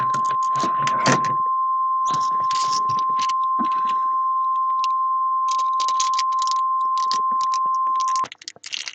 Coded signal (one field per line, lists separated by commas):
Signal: Emergency Alert System (SAME) tones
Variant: 1050 Hz attention tone